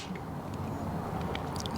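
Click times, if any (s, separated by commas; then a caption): 1.7 s. The rubber boot and cap are pushed down over the spark plug terminal on a Piaggio BV400 scooter engine during its 12K service, against a steady low rushing background with a few faint ticks. A short, distinct snap at 1.7 seconds shows the cap seating onto the plug, the clear snap that means the cap does not yet need replacing.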